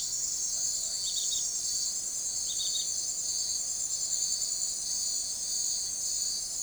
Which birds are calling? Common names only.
none